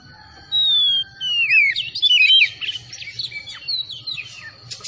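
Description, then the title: Oriental magpie-robin song: a long clear whistle, then rapid rising and falling whistled notes and twisting phrases in a lively run, over a faint low hum. Singing vigorously (gacor); Tretes. "Kacer Tretes Gacor"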